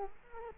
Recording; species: mosquito wingbeat signal from an infrared sensor; Culex quinquefasciatus